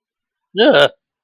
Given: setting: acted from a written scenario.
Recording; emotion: vocal sound without words; negative surprise